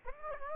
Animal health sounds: mosquito wingbeat signal from an infrared sensor; Aedes aegypti

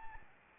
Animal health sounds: mosquito wingbeat signal from an infrared sensor; Anopheles arabiensis

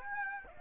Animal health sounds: mosquito wingbeat signal from an infrared sensor; Aedes aegypti

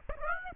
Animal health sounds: mosquito wingbeat signal from an infrared sensor; Aedes aegypti

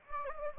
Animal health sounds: mosquito wingbeat signal from an infrared sensor; Anopheles gambiae

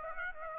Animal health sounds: mosquito wingbeat signal from an infrared sensor; Aedes aegypti

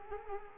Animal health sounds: mosquito wingbeat signal from an infrared sensor; Culex quinquefasciatus

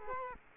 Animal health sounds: mosquito wingbeat signal from an infrared sensor; Culex quinquefasciatus

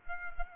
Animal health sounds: mosquito wingbeat signal from an infrared sensor; Culex pipiens

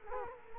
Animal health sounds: mosquito wingbeat signal from an infrared sensor; Culex quinquefasciatus

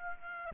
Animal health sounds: mosquito wingbeat signal from an infrared sensor; Aedes aegypti

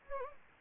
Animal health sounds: mosquito wingbeat signal from an infrared sensor; Anopheles gambiae

